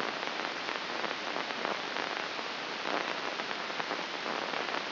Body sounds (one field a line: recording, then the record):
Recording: brain microelectrode recording played as sound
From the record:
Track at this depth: inside the subthalamic nucleus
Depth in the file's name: 3.228 mm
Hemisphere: left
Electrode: 2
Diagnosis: Parkinson's disease